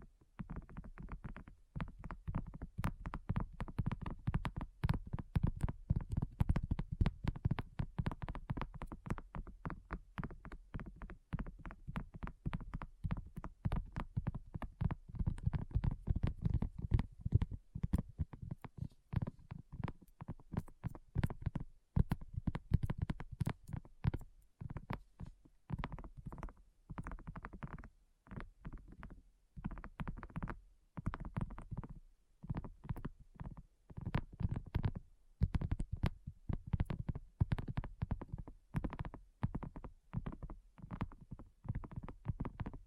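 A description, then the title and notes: Rapid, dense tapping continues throughout, sharp clicks over a low thudding body, slightly sparser and more irregular in the second half. ASMR Addictive Tapping. (No Talking).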